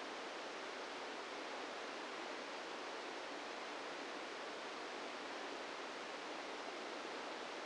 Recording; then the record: brain microelectrode recording played as sound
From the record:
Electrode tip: outside the subthalamic nucleus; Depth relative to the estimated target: 1 mm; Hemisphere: right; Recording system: NeuroSet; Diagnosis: Parkinson's disease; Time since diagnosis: 17 years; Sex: male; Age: 64 years